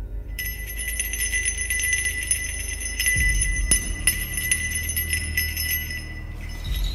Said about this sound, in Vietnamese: Cái chuông treo ở trên cột giường rung lắc, tiếng leng keng vang lên.